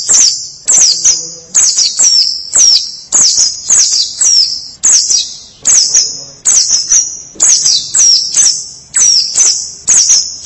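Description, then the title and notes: White-eye song: loud high chirping phrases, each a quick downslurred twitter, repeated roughly every second. "Kicauan Burung Pleci Durasi Panjang. Suara kicauan burung pleci"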